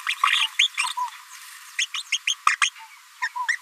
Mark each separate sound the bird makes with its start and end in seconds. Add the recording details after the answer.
0.06-0.14, 0.32-0.47, 0.59-0.67, 0.78-0.84, 1.78-1.86, 1.94-2.02, 2.12-2.17, 2.27-2.34, 2.47-2.55, 2.62-2.69, 3.21-3.28, 3.48-3.56. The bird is a female. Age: 27 days. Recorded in a nest box in Venezuela. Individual 17B73B2